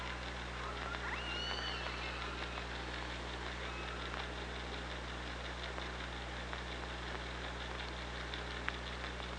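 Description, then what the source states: Killer whale calls, faint high tonal sweeps near the start over steady underwater hiss, with scattered sharp clicks throughout. Recorded by an OrcaLab hydrophone on 24 August 2017 at 05:37:35.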